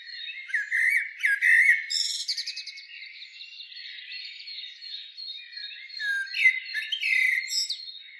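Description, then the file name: Common blackbird warbling in varied fluty phrases with squeaky high notes, loudest in the first two seconds, then softer twittering and a second burst near the end. "Turdus merula"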